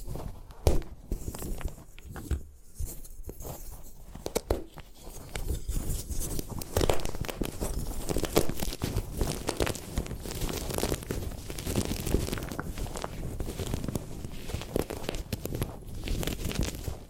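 Gym chalk is crushed and crumbled in dense, crackling bursts, sparse for the first five seconds, then continuous and busier through the end.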